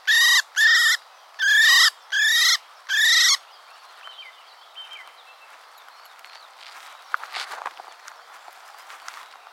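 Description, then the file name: Common blackbird calls: five harsh, nasal notes in quick succession, then quiet background with faint scattered sounds. "Turdus merula"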